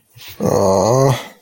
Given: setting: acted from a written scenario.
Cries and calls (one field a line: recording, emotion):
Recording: vocal sound without words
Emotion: disappointment